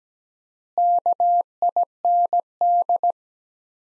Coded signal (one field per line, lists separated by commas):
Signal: Morse code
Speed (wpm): 17 wpm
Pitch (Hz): 700 Hz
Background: none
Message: KIND